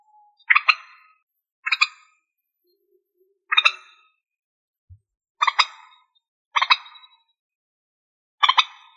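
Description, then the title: Rail uttering repeated harsh double-clucks, six bursts over nine seconds at uneven intervals, with a faint low thump in between. "Rallidae"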